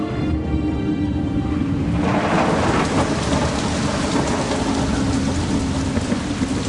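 A heavy rain downpour: a steady hiss of falling water that swells abruptly after about two seconds into a dense, loud roar, with no voices.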